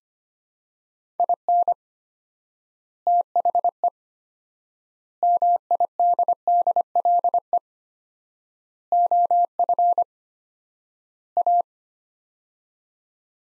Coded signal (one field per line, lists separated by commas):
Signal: Morse code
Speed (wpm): 25 wpm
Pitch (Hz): 700 Hz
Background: none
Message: IN THE MIDDLE OF A